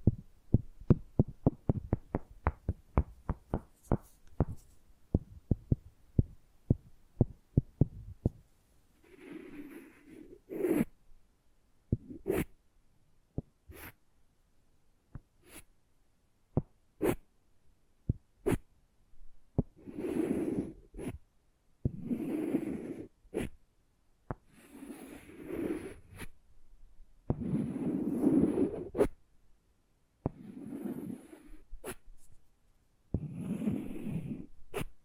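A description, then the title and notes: ASMR triggers, opening with a quick run of crisp tapping clicks for about eight seconds. After that the taps thin out to single sharp knocks, and soft breathy whooshes arrive in a fairly regular rhythm, roughly every two to three seconds, through the second half. ASMR Hypnotizing Sensitive Triggers.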